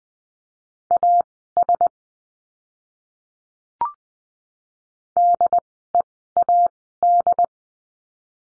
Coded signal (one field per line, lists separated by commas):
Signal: Morse code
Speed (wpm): 20 wpm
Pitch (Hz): 700 Hz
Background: none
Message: AS DEAD